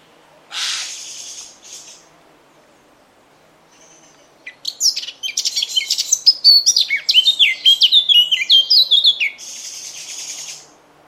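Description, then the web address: Bird song, a fast run of sharp, descending whistled notes preceded by a couple of harsh buzzy calls, ending in a brief hiss-like note. "cianscape. Deverinetal 2025. Bird Only"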